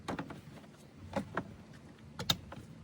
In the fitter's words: it snaps into place, and you're done.